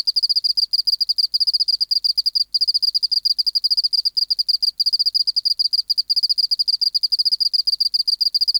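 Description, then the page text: Oceanic field cricket song, a steady stream of high, rapid pulses grouped into short trills with tiny pauses, running without a break. Recorded in the BMNH Acoustic Laboratory, 19 March 1984, 11:15 local time, at 24 °C and 30% humidity, still air, dim light. "412:14 Teleogryllus oceanicus (514r2). BioAcoustica. Natural History Museum Sound Archive. Recording Location: BMNH Acoustic Laboratory Recorded by: W. J. Reynolds Date Recorded: Mandag, marts 19, 1984 Local time: 1115"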